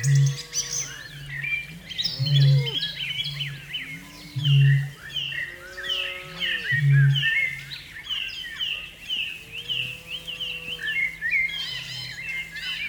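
Australasian bittern booming: deep, resonant low booms repeated every two seconds or so beneath a busy chorus of twittering and whistling birds.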